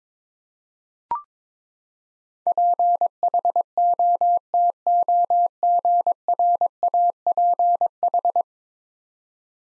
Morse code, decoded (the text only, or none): PHOTOGRAPH